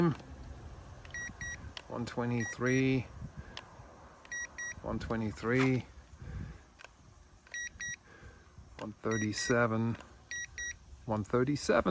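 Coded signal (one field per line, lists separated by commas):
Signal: none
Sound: thermometer beeps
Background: speech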